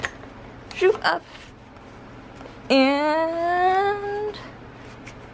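A folding panel on a pet crate is lifted up and over as its latch is brought toward the crate frame, while someone talks and a long rising voiced tone is heard. The clip ends before the latch snaps home, so nothing has seated or clicked yet.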